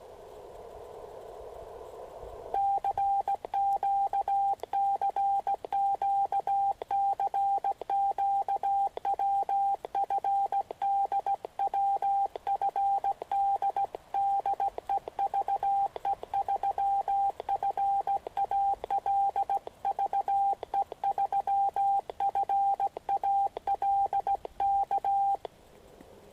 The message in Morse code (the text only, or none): CQ CQ CQ WFD WFD DE VE3FAL VE3FAL K